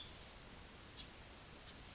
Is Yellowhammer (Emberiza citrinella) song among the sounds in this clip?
no